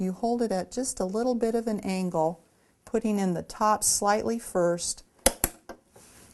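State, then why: Seated. A nurse educator talks while inserting a medication syringe cartridge into a PCA pump, held at a slight angle with the top going in first, its markings facing forward and the barcode toward the pump's window. Two sharp clicks at 5.3 s and 5.4 s mark the cartridge seating into the pump's holding clamps.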